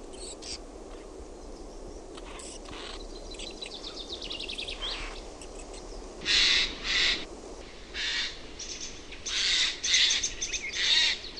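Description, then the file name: Eurasian jay screeching repeatedly in the second half, a run of loud, hoarse bursts at irregular intervals, after softer mixed bird chatter. "NARHI"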